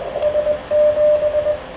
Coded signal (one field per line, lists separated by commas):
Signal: Morse code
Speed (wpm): 20 wpm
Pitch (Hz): 600 Hz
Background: radio noise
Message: S7